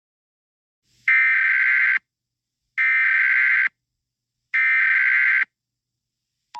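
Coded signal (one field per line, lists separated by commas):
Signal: Emergency Alert System (SAME) tones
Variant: header bursts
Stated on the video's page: Fictional alert scenario.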